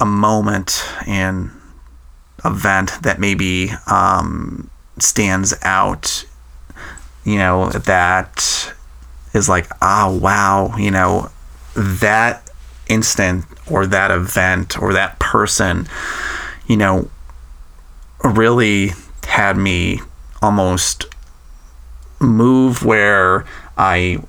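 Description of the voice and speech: An adult man who has stuttered since age 3, and still does, speaks in a low voice with stretched sounds, hard glottal starts on vowels, and long silent gaps mid-phrase, such as a pause of over a second before "move". Heavy fillers surround these breaks. These are stuttering moments: prolongations and blocks.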